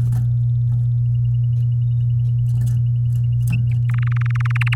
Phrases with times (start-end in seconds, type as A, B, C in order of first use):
3.89-4.75 A